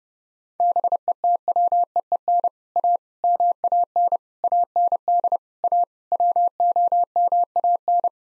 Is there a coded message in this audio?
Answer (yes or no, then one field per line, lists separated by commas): yes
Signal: Morse code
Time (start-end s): 0.6-8.1 s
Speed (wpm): 29 wpm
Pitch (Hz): 700 Hz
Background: none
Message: BETWEEN A MAN AND A WOMAN